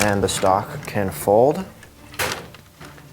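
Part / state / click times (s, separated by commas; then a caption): folding stock into the side latch of a brick-built toy rifle / not seated / none. Someone talks while the plastic brick-built stock of a toy rifle is folded over to the other side toward its side latch, followed by a few soft handling taps. The stock doesn't go all the way over, and nothing has snapped into the latch yet.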